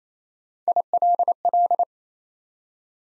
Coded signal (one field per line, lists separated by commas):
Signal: Morse code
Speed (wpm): 27 wpm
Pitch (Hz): 700 Hz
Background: none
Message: ILL